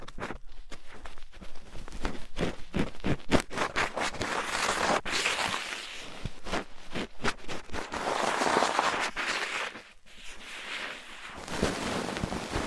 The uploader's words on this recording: ASMR Rough Ear Cleaning (No Talking).